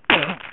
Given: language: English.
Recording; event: throat vibration sensor signal played as sound; cough